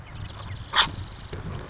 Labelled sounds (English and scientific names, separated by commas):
Marsh Wren (Cistothorus palustris)